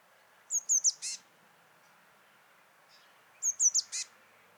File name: Cyanistes caeruleus